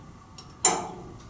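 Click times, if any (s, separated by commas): 0.7 s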